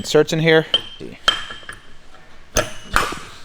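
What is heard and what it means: Steel axle stubs are pushed into the side gears of a Ford 8.8 limited-slip differential from a kit for a BMW 335i, while someone talks, followed by sharp metal clanks at about 1.3, 1.7, 2.6 and 3.0 seconds. The stubs go in but do not lock and can be pulled back out with little pressure. Nothing has clicked into place yet, because the stubs still need about 2 mm shaved off.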